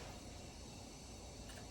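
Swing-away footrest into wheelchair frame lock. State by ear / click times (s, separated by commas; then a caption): not seated / none. A swing-away wheelchair footrest is handled as it is swung back toward the front of the frame lock, with only a steady low rumble and broadband noise and no distinct transient. Nothing has seated or clicked into place yet.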